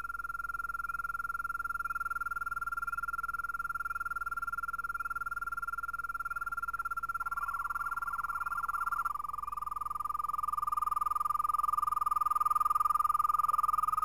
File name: american toad